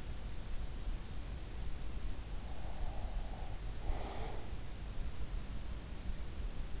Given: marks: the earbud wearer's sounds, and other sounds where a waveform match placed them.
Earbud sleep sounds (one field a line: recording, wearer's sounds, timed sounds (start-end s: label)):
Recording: sounds in sleep by an in-ear microphone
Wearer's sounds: breath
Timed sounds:
2.04-4.93 s: breath